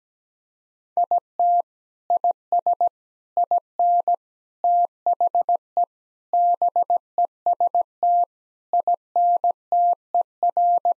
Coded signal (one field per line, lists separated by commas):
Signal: Morse code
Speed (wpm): 17 wpm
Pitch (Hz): 700 Hz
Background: none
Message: IT IS IN THE BEST INTER